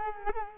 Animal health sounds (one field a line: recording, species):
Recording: mosquito wingbeat signal from an infrared sensor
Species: Culex quinquefasciatus